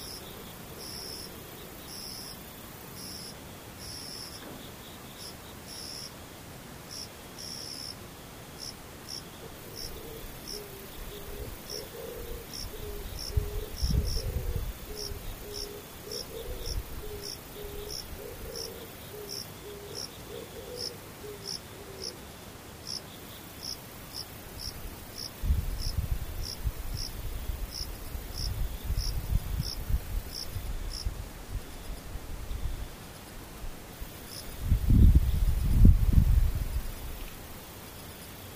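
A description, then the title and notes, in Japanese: Distant insects chirp in a quiet scene, a high, regular pulsing trill that runs steadily for most of the clip before thinning out near the end. A faint low warble drifts through the middle, and soft low rumbles swell around 14, 26–30 and 35 seconds. 無音遠くにムシ。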